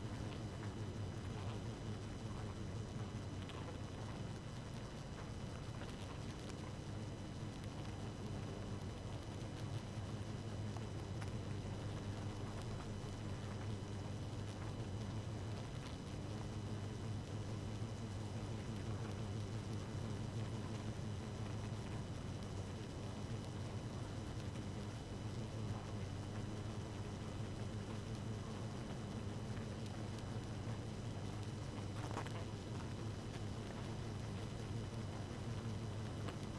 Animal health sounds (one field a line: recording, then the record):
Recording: honeybee colony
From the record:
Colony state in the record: active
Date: 12 June 2018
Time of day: 0:25